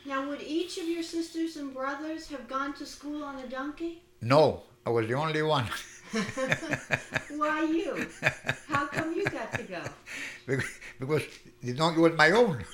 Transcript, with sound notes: Now, would each of your sisters and brothers have gone to school on the donkey?
No, I was the only one. ( he laughs )
Who are you? How come you got to go?
Because the donkey was my own,